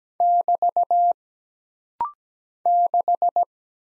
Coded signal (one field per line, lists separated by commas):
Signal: Morse code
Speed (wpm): 17 wpm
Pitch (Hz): 700 Hz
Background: none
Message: <BT> 6